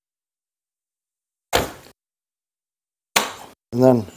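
During reassembly of a Hatsan BTS 12 bullpup shotgun, the lower assembly is lined up and moved down into the shotgun receiver until it sits into place. A first knock comes at about 1.6 s, then a sharp, loud knock at 3.2 s as the lower assembly seats. Someone talks right after.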